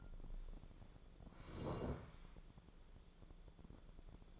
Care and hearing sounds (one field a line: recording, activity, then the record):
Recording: daily activity, microphone in the room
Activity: sit down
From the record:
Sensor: 5